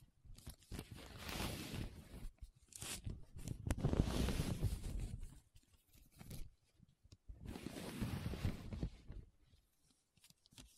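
Paper being rubbed and scratched in three long, rough strokes, around the first, fourth and eighth seconds, each a dense scraping rush with a low rumble beneath. Short gaps of near silence separate them, broken by small ticks and taps.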